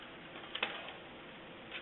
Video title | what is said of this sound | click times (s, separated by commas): SeQual eQuinox Out of the Box | as you pull upward you can feel it click in place to lock in place if you want to leave it on that setting or height | 0.5 s, 0.6 s